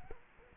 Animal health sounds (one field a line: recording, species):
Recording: mosquito wingbeat signal from an infrared sensor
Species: Culex quinquefasciatus